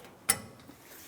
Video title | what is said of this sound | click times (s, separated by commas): How to Replace Rear Backing Plate 1994-2002 Ram 2500 | Listen to a nice click from there. | 0.3 s